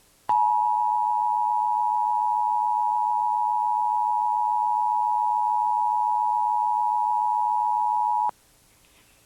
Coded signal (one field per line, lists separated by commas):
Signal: Emergency Alert System (SAME) tones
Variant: 853 and 960 Hz attention tone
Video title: Comcast Emergency Alert System - Required Monthly Test (April 27, 2022)